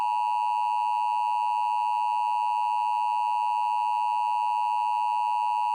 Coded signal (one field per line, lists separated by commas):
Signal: Emergency Alert System (SAME) tones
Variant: 853 and 960 Hz attention tone